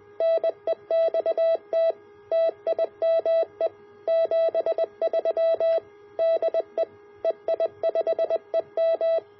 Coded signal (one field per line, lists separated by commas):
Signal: Morse code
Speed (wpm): 20 wpm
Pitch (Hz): 660 Hz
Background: none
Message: NEXT TIME 73 DE EI5EM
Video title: Building the ATU-100 Automatic HF ATU